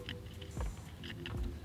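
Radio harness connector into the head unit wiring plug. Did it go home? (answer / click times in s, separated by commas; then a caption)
no / none. The first plug-and-play wiring harness connector of a replacement 10-inch touch-screen head unit kit from Stinger Off Road, for a Jeep Wrangler JK radio, is handled against its mating plastic head unit wiring plug. Brief plastic ticks and rustles come at about 0.1, 0.4, 0.6 and 1.3 s over a steady low hum. Nothing has seated or clicked yet.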